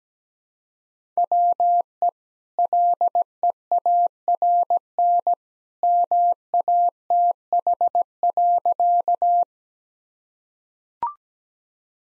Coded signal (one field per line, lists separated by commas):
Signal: Morse code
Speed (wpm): 17 wpm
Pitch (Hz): 700 Hz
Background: none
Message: WE LEARN MATH.